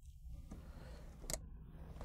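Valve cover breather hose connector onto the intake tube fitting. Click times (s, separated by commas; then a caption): 1.3 s. On a 2015-17 Ford Mustang GT 5.0L, the valve cover breather hose connector is pushed onto the fitting of a new plastic Delta Force Performance intake tube. A sharp snap at 1.3 s is heard over low background hum, with softer clicks around 0.5 s and 2.0 s. The breather hose snaps on and is seated.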